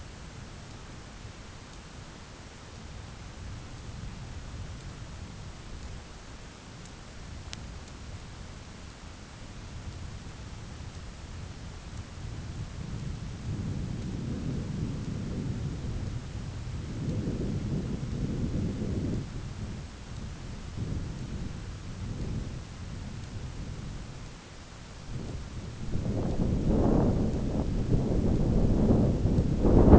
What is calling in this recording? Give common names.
none